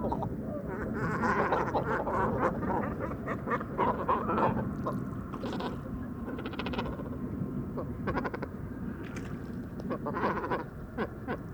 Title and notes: Dortoir de Grands cormorans. 04 janvier 2020-Bord du Vaccarès - Camargue